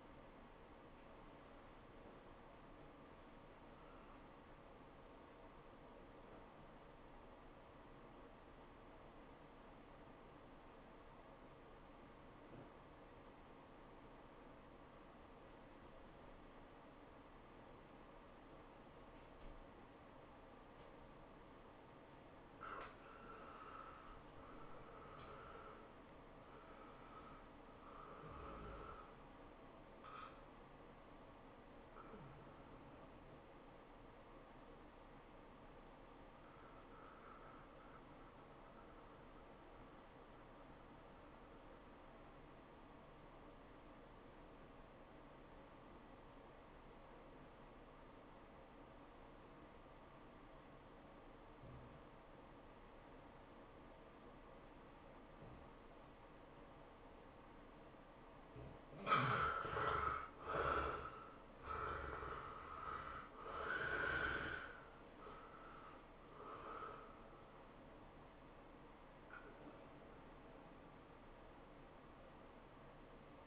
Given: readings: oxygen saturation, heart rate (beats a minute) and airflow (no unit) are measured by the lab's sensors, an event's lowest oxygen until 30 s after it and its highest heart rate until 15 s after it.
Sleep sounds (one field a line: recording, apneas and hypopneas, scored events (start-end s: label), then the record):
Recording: breathing in sleep by a voice recorder at the bedside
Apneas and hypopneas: 2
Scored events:
4.00-21.60 s: hypopnea (N1, oxygen 97% highest, then 83% lowest, heart rate 103 at the start, 103 highest)
36.00-73.47 s: new sleep stage, REM sleep
41.00-61.20 s: obstructive apnea (REM, oxygen 96% highest, then 73% lowest, heart rate 94 at the start, 107 highest)
From the record:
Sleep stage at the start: N1 (lightest sleep)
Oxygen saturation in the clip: 76 to 97%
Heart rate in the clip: 68 to 107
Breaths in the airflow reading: 7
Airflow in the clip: -15.8 to 11.0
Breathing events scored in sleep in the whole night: 403 in 5.5 hours asleep